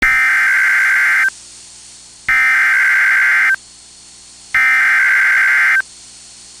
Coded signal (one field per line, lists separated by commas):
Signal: Emergency Alert System (SAME) tones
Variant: header bursts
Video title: Severe Thunderstorm Warning (12/28/25) [EAS #348]